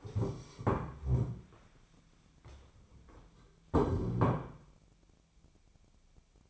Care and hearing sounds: daily activity, microphone in the room; stand up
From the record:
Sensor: 1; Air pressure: 1015.2 hPa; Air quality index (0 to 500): 198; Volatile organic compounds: 23 ppm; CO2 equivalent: 2778 ppm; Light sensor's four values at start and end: 13/31/13/14 and 13/30/12/14

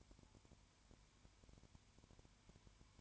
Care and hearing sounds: daily activity, microphone in the room; no activity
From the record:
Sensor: 2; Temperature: 20.0 degrees Celsius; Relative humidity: 32.1%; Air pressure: 1001.1 hPa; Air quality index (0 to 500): 55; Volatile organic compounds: 1 ppm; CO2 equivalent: 603 ppm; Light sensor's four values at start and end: 2/3/2/2 and 2/3/2/2

